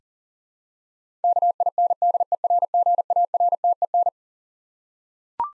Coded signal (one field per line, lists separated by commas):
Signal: Morse code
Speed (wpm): 40 wpm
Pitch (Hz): 700 Hz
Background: none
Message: KINDERGARTEN